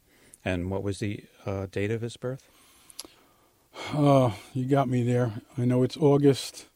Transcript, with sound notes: And what was the - uh -date of his birth?
(sighs) Huh, you got me there. I know it's August